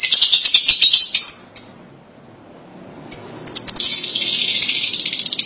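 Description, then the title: Lovebird calls: harsh screeching chatter, a short quiet gap, then more loud grating squawks and high chirps. "BM Suara Burung Lovebird"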